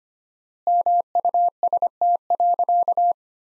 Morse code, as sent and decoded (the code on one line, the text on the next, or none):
-- ..- ... - .-.-.-
MUST.